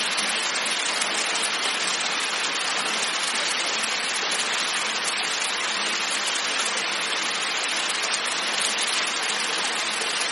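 Heavy rain pours down in a thunderstorm, a dense, steady hiss of countless drops that never lets up across the whole stretch. The sound is bright, with fine crackling patter on top and only a little low rumble beneath.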